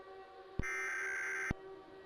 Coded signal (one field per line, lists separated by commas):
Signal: Emergency Alert System (SAME) tones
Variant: header bursts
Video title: EAS Scenario #14 - World War SCP